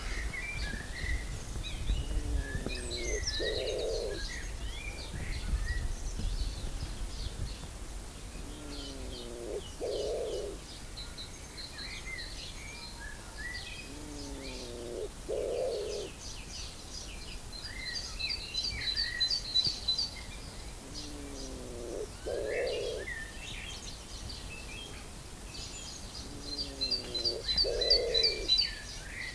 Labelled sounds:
Common Wood Pigeon call
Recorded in the wild
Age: adult
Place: Lübars (Fließtal), Berlin, DE
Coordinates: 52.6167, 13.35
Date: 2001-04-28 11:24
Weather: fair, ca. 15°C
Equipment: Nagra SN, Kopie Uher 4000 Report Monitor
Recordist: Tembrock, Günter

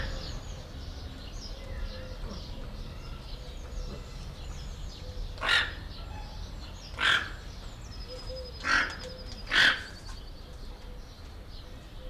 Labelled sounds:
Toco Toucan
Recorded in captivity
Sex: pair
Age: adult
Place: Zoo Halle, Sachsen-Anhalt, DE
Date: 1991-04-06 12:17
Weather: sunny, 4-13 °C
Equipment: Marantz, Sennheiser ME 80, Kopie Tesla B 116
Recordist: Tembrock, Günter

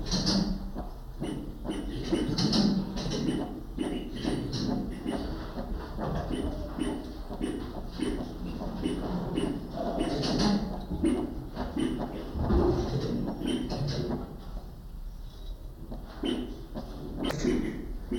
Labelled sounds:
Northern Greater Galago call
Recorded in captivity
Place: Primatenstation Kassel, Hessen, DE
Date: 1995-09-24 14:34
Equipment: Sony WM-D6C, Sennheiser ME 80, Kopie Uher 4000 Report Monitor
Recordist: Tembrock, Günter

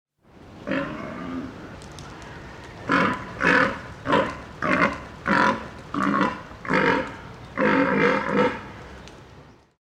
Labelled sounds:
Père David's Deer
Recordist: Tembrock, Günter
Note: Männchen: Brunftlaute, dazu Gelenkknacken

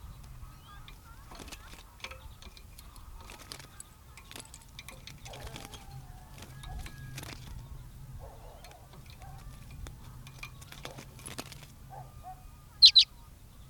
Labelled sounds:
Common Redpoll call
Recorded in captivity
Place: Putgarten, Insel Rügen, Mecklenburg-Vorpommern, DE
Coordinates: 54.678, 13.427
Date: 1978-01-08
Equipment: Nagra III BH, Sennheiser MD 21, parabola
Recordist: Schubert, Michael

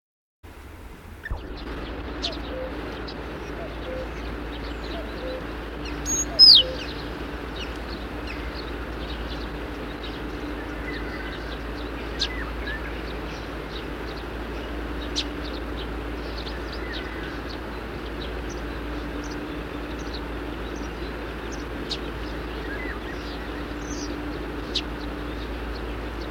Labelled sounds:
Great Tit call
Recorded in the wild
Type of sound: call
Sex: male
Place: Tscherwen, Ruse, BG
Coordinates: 43.452, 25.054
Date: 1974-06-09
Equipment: Nagra III BH, Sennheiser MD 21, parabola
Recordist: Schubert, Michael
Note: Kohlmeise - Männchen

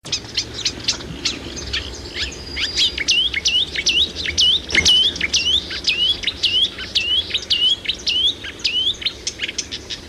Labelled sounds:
Marsh Warbler song
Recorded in the wild
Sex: male
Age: adult
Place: Lauterbach/Goor, Insel Rügen, Mecklenburg-Vorpommern, DE
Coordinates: 54.3414, 13.5206
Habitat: swampland
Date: 1979-06-23 12:31
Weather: overcast, 18°C
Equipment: ITT Schaub-Lorenz Studio Recorder 72, Verstärker, MD 421 HL, Reflektor, Kopie Uher 4200 Report
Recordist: Tembrock, Günter
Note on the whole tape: Goor (beim Badehaus): Gesang

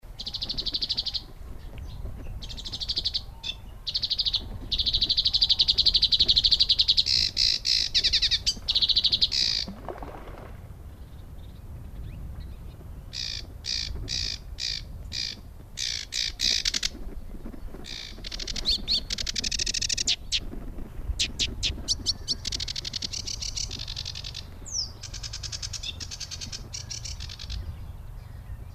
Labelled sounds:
Sedge Warbler
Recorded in the wild
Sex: male
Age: adult
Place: Warsow, Kummerower See, Mecklenburg-Vorpommern, DE
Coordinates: 53.8375, 12.8308
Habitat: wetland
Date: 2013-05-23 11:40
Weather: sunny, weak wind, 15°C
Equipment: Sound Devices 702, Sennheiser MKH 70, Rycote Windschutz
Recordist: Frommolt, Karl-Heinz

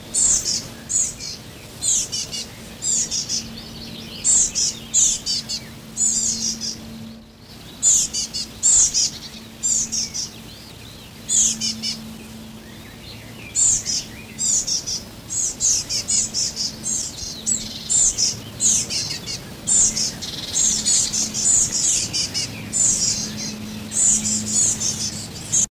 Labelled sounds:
Willow Tit call
Eurasian Blue Tit
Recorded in the wild
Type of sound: call
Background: Cyanistes caeruleus
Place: Sehnde, OT Rethmar, Niedersachsen, DE
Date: 1986-06-09
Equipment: Halbspur, 9,5 cm/s
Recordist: Lütgens, Hans
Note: Gerade ausgeflogen, am Kanal

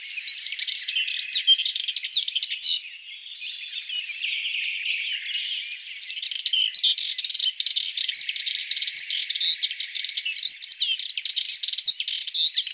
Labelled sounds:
Sardinian Warbler song
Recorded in the wild
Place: St. Laurent des Arbres und Umgebung/Combine, FR
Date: 2008-05-13
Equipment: MiniDisc Sharp MT 20 H
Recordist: Schwarz, Dieter
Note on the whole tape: Song

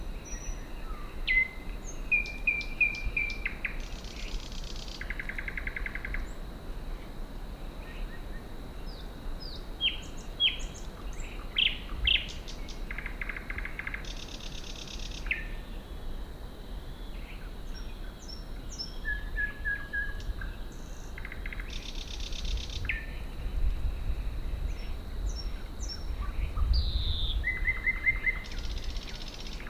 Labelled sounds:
Thrush Nightingale song
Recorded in the wild
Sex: male
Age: adult
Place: Kützerhof, Kummerower See, Mecklenburg-Vorpommern, DE
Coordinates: 53.855, 12.8867
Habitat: alder marsh
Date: 2009-05-06 23:10
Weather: cloudy, 10°C, almost no wind
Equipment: Sound Devices 702, Sennheiser MKH 70, Rycote Windschutz
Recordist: Frommolt, Karl-Heinz

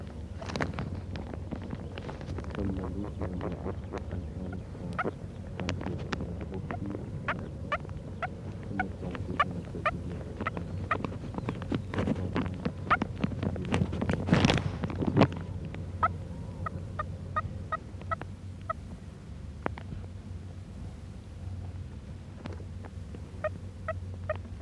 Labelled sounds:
Moor Frog call
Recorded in captivity
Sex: female
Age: adult
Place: Kremmener Luch, Brandenburg, DE
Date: 1965-04-01 15:00
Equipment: Grundig TK 4, Kopie BG 20/6
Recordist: Schubert, Michael

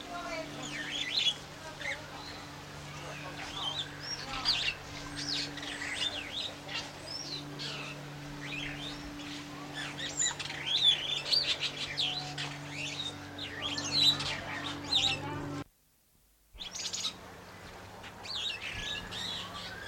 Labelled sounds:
Superb Starling
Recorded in captivity
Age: adult
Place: Zoo Berlin, Berlin, DE
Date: 1992-08-22 11:35
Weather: heiter, 17-20°C
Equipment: Marantz CP 430, Sennheiser ME 80, Kopie Tesla B 116
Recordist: Tembrock, Günter
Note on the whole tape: Gesang, Abstand ca. 3 m

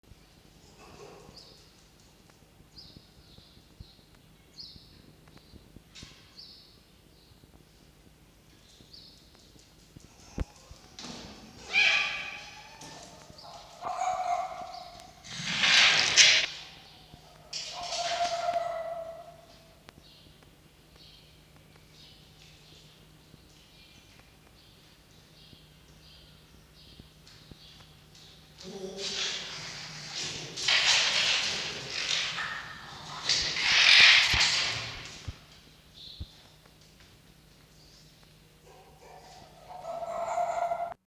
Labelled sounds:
Red Fox
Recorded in captivity
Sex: pair
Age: adult
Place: Zoologisches Institut der HUB, Berlin, DE
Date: 1953-03-03 16:37
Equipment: Elmetra
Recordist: Tembrock, Günter
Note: Jupp: Muffen (ohne Fleisch), Ranzwinseln und Ranzbellen (Bellserie I,III); Ranzbellen bei Wittern an Harnstelle (II,III); Fiffi (dazwischen): Knurren (offen) und Keifen gegen Toni

